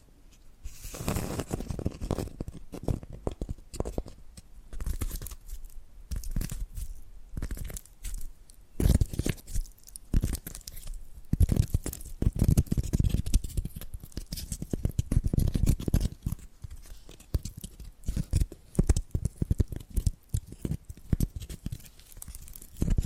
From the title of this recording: Hypnotic Tapping and Scratching Sounds